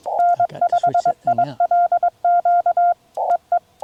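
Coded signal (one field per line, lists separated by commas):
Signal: Morse code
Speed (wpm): 21 wpm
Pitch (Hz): 700 Hz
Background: none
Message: N5ILQ EE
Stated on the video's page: CW park activation pile-up in gusty wind and rough conditions, FT-891 keyed with a paddle into an end-fed half-wave sloper; mostly 20m, some 15m DX.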